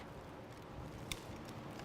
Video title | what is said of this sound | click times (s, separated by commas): Tension Fabric Display or Fabric Pop up Displays Full HD 1080p 1 | snap your locks into place and there's | 1.1 s